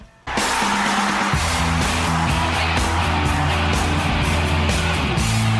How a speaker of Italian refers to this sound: C'è il traffico. Mamma mia, no, il traffico, no, vi prego, il traffico no.